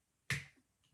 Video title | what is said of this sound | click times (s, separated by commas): Live 3rd January 2021 - How To Make A New Years Card Using A Canvas Workspace Project & Foiling | and you'll you'll visit you you'll physically hear the click okay | 0.3 s